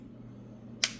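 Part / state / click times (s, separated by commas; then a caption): hinged locket lid into locket case / seated / 0.8 s. The hinged lid of an old jewelry locket with rhinestones and pictures inside is pressed shut into its case. After a low steady background, a single sharp, bright snap is heard at 0.8 seconds. The lid snaps shut and is confirmed closed.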